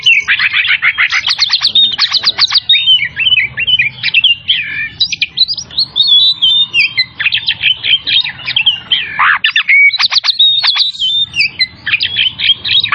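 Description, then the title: Oriental magpie-robin singing a loud, varied stream of whistles, buzzy trills and rapid repeated chirps, almost without pause, with a low hum beneath. Tretes type, singing vigorously (gacor). "Kacer Tretes Gacor"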